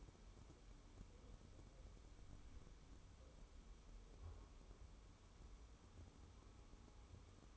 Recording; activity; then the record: daily activity, microphone in the room; wipe stove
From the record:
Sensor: 1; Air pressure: 1015.1 hPa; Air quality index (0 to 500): 37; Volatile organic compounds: 1 ppm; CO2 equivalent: 572 ppm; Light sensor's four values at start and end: 13/32/13/14 and 13/32/13/14